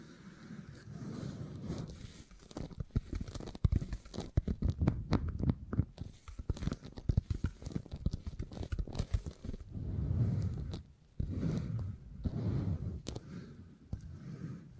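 Beeswax being handled for tingly sounds: sticky crackles, scrapes and soft tearing clicks come in rapid, irregular bursts, densest between about 3 and 9 seconds. Later the sound turns to slower, muffled low rubbing and squishing, with a brief near-silent gap around 11 seconds.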